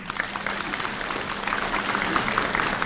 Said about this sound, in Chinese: 感谢朋友们的掌声。